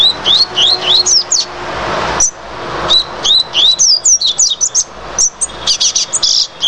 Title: Canto Coleiro